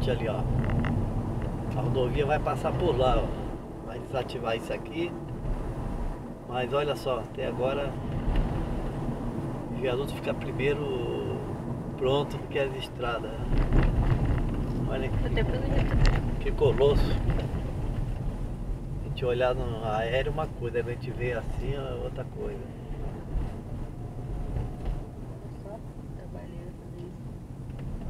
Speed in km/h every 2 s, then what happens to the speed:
54, 58, 59, 57, 56, 55, 48, 41, 34, 30, 31, 34, 33, 29.
0-9 steady at about 57. 9-17 slows to 30. 17-23 steady at about 31.